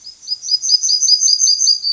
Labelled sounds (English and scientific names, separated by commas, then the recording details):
Yellowhammer (Emberiza citrinella) song
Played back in grassland
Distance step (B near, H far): B
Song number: 055